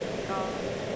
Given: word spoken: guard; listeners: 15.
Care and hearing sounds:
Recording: one English word in noise, from a listening test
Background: speech-shaped noise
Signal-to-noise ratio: -4.6 dB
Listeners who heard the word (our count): 0 of 15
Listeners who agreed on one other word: 9 of 15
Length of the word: 0.56 s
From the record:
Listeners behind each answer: 9, 3, 1, 1, 1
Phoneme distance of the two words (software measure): 17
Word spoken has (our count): 1 syllable, 3 phonemes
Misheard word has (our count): 1 syllable, 2 phonemes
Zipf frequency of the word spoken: 4.33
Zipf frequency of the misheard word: 5.44

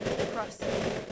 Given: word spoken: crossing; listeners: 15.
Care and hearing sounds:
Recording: one English word in noise, from a listening test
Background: noise modulated by three-talker babble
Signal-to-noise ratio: -6.8 dB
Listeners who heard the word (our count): 1 of 15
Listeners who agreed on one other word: 8 of 15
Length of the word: 0.72 s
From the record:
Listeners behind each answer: 8, 5, 1, 1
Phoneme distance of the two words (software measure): 14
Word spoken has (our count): 2 syllables, 6 phonemes, stress on syllable 1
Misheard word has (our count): 1 syllable, 4 phonemes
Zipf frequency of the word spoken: 4.24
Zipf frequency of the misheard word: 4.94

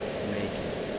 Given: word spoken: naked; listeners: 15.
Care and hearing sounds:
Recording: one English word in noise, from a listening test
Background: speech-shaped noise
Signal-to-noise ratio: -4.4 dB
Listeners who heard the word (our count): 3 of 15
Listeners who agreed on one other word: 10 of 15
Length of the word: 0.59 s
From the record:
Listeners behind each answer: 10, 3, 1, 1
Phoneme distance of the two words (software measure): 20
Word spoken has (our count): 2 syllables, 5 phonemes, stress on syllable 1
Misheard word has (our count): 2 syllables, 5 phonemes, stress on syllable 1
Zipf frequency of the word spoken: 4.24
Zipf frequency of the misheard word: 5.56

